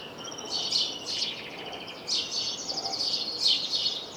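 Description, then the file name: House sparrow chirping, overlapping rough chirps that run almost continuously in louder bursts, over a low background hiss. "Passer domesticus"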